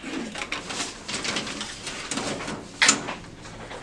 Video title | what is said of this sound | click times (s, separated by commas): How to Remove IBT Belt Assembly on the Xerox AltaLink C8000 Series | then once you hear that click you can take this gray lever | 0.5 s